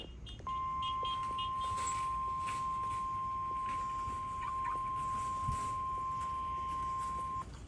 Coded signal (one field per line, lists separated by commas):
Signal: Emergency Alert System (SAME) tones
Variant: 1050 Hz attention tone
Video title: WORKING NINE THROUGH ZCZC-WXR... Severe Weather EAS Alerts from August 26th, 2024 (EAS #1,429-1,471)